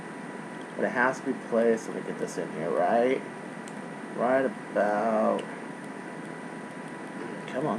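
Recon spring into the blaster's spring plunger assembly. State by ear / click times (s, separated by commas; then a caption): not seated / none. A recon spring is worked into the spring plunger assembly of a Bird Of Prey Type-R blaster with a 28+ kg quad spring array, being lined up before it snaps home. Someone talks in short bursts over a steady background hum with faint high tones. Nothing has seated or clicked yet.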